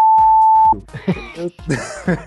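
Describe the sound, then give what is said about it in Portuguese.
A single loud, steady mid-pitched beep holds for most of a second, then cuts off into a string of throaty vocal noises, like coughs or grunts. “Presta atenção no bip.”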